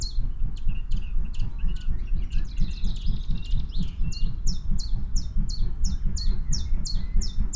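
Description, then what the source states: Common chiffchaff song: high, clipped notes alternating slightly in pitch, broken by a jumble of other bird twittering, then a steady run; constant low background rumble throughout. Song of an adult bird.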